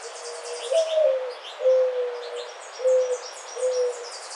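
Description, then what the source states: Mourning Dove cooing song: a soft rising-then-falling coo followed by three low, mournful hoots, with faint high chirps in the background. Recorded on 28 May 2009.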